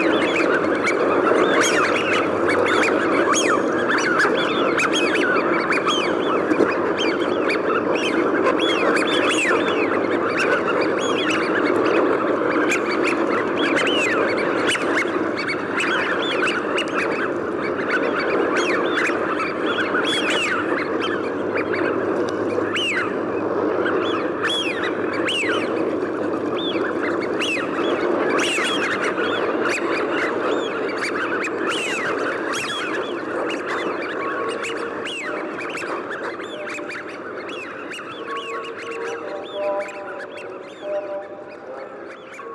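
Rooks and jackdaws fill the air with a dense, continuous chatter of caws and calls, the flock sounding large. The din holds steady for most of the time, then thins slightly near the end as a few clearer calls stand out.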